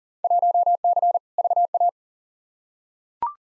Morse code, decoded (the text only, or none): 1C VA